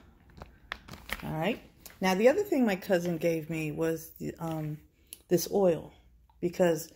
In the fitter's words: Again, you just spin this and this opens it up, and then you tighten it till it clicks.